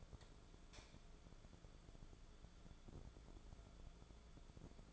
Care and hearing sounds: daily activity, microphone in the room; light on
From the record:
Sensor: 5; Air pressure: 1010.3 hPa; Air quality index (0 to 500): 122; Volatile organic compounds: 2 ppm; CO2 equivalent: 1201 ppm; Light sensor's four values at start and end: 518/1325/548/617 and 520/1332/551/620

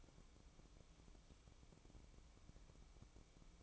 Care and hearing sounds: daily activity, microphone in the room; take from stove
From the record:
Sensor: 1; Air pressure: 1008.0 hPa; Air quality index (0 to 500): 129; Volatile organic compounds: 2 ppm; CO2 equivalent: 1086 ppm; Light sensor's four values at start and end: 9/22/9/10 and 9/22/9/10

